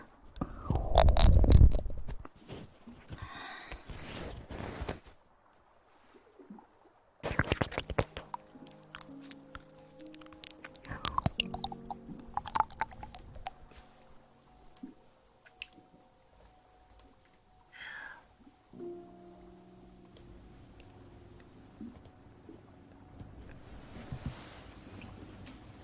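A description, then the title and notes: Wet mouth sounds: sticky clicks, smacks and squelches in irregular bursts. A loud, low rumbling push opens the first few seconds, then a brief silence around five seconds before the soft, crackly mouth noises resume and continue unevenly to the end. Mouth sounds.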